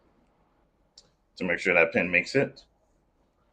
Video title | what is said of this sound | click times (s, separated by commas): Trybe Defense trigger on Glock 43 | But it did. It did click into place. | 1.0 s